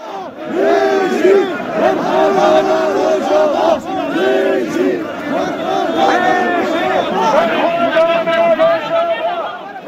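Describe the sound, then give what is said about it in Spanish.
A large crowd chants protest slogans in unison, loud and continuous, with many voices rising and falling in rhythmic repeated phrases throughout. The slogans include 'Vigi Bersedana Rojava' (Rojava lives) and the Kurdish cry 'Jinjiyan Azadi' (woman, land, freedom). “La multitud coreaba con frecuencia los lemas Vigi Bersedana Rojava, o sea, Rojava vive, vive, Jinjiyan Azadi, que es otro de los gritos de guerra del pueblo kurdo.”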